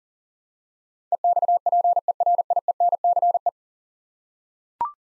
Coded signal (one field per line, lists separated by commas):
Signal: Morse code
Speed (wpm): 40 wpm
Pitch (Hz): 700 Hz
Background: none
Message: EXPERIENCE